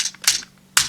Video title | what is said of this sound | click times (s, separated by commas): Mashin Gattai DX Grateful Phoenix Review (Mashin Sentai Kiramager) | all the way until it clicks into place | 0.8 s